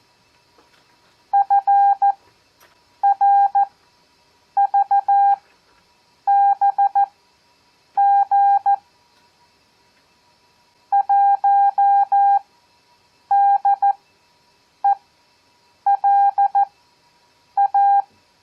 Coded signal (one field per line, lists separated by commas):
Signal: Morse code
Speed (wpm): 14 wpm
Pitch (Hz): 800 Hz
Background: none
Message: FRVBG 1DELA